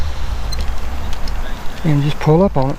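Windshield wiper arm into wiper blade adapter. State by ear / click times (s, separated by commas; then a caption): not seated / none. The hook of a windshield wiper arm is slid into the plastic adapter on a new wiper blade on a 2012 Camaro 2SS/RS, after Hurricane Sally damage. Short, sharp handling ticks are heard at about 0.5, 1.1 and 1.3 s over a low rumble, and someone talks near the end. Nothing has clicked or locked in place yet.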